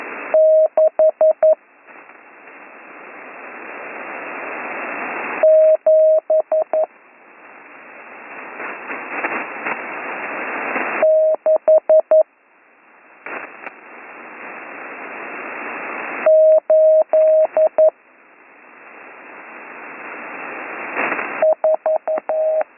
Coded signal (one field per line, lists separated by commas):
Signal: Morse code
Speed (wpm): 11 wpm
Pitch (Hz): 630 Hz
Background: radio noise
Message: 6 7 6 8 4